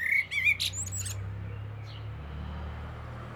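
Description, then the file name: Common blackbird song fragment: a short burst of whistled notes and thin high twitters in the first second, followed by a low rumbling hum. "Turdus merula"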